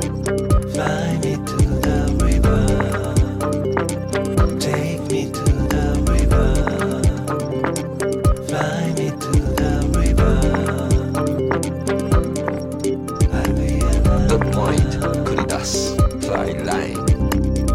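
A summer night stroll, with a steady low rumble and hum running underneath the whole way. Sharp clicks and taps come thick and irregular throughout, and brief voice-like sounds rise near the start and again around sixteen seconds.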